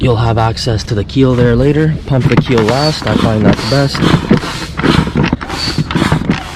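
Someone talks while handling the slatted floor panels of a partly inflated inflatable boat, stepping on them to press the floor sections into place in the hull. Short, sharp knocks are heard near 4.8, 5.3 and 5.9 seconds under the talking, but nothing has seated or clicked into place yet.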